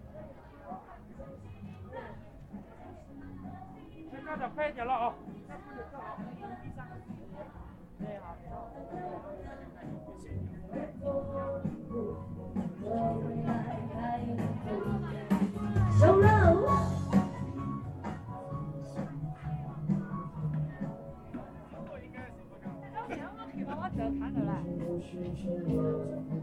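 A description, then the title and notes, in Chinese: A crowd at Hongyadong in Chongqing, with many voices talking over each other in a steady, dense murmur. Brief clatters and shuffling footsteps come through now and then. The chatter swells to its loudest around sixteen seconds, then settles back. 重庆洪崖洞。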